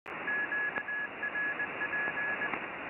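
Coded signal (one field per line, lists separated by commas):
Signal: Morse code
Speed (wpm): 20 wpm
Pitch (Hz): 1700 Hz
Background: none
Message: QRP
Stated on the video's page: QRP CW station on 20 meters, heard by a shortwave listener.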